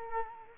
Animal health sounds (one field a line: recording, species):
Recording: mosquito wingbeat signal from an infrared sensor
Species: Culex quinquefasciatus